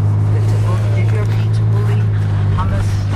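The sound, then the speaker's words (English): A bus bound for Maryland drones with a deep, steady low engine rumble that holds constant throughout, with faint voices and street noise mixed in above it. “See, the bus is over here.”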